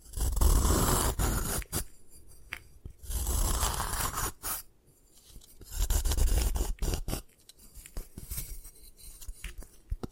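Gym chalk being crushed and destroyed in rough, grinding scrapes that swell and fade three times, with sharp cracks and crumbly crackles between.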